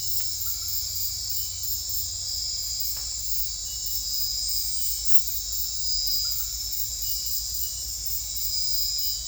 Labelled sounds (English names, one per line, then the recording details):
none
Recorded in secondary vegetation near Puerto Asís, Putumayo, Colombia, on 20 December 2024 at 22:30
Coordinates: 0.481, -76.318
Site G042